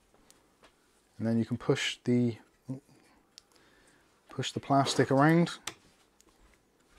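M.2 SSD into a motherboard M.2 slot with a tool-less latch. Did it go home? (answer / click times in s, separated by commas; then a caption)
yes / 6.2 s. An M.2 SSD is pressed down into a motherboard M.2 slot, and someone talks while the plastic tool-less latch is turned around to hold the drive. Faint handling ticks sound between phrases, and a short click at 6.2 s marks the latch locking the drive in place.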